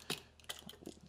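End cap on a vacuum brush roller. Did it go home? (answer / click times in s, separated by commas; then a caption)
yes / 0.5 s. An end cap on the side of an Oreck Magnesium vacuum cleaner (LW1500RS/LW100) brush roller without the belt is squeezed on with needle-nose vice grips. Short mechanical ticks and clicks sound over about a second, with the loudest sharp click at 0.5 s. The end cap is seated and locked into place.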